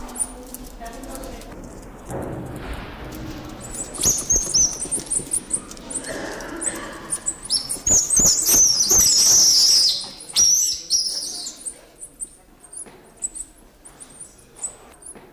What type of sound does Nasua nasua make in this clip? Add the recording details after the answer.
aggressive call. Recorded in captivity. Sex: pair. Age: adult. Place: Zoo Halle, Sachsen-Anhalt, DE. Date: 1995-04-09 15:45. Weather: cloudy, ca. 10°C. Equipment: Marantz CP 430, Sennheiser ME 80, Kopie Uher 4000 Report Monitor. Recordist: Tembrock, Günter